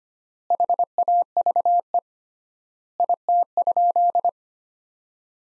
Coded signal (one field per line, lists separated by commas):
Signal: Morse code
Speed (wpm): 25 wpm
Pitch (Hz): 700 Hz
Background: none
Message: HAVE IT?